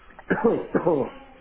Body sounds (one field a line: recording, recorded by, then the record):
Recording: voluntary cough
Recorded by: telephone call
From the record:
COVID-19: positive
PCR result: checked with the laboratory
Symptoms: no